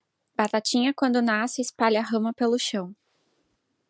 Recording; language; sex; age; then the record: short text; Brazilian Portuguese; female; 20 to 29 years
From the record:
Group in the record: control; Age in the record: 27 years